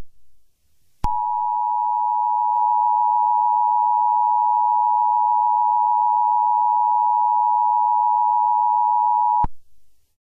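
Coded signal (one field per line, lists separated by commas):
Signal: Emergency Alert System (SAME) tones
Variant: 853 and 960 Hz attention tone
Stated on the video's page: Fictional EAS scenario about a Herobrine attack.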